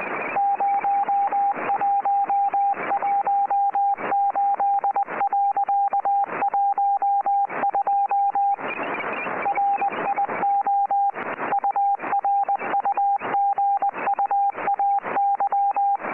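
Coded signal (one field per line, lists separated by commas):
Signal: Morse code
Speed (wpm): 20 wpm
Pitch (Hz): 800 Hz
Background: radio noise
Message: 0118.12 RIO URUGUAY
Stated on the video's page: Weather report in CW from a Uruguayan coast station on 8602 kHz, received on a Kenwood TS-50 with an inverted-V antenna for 40 m.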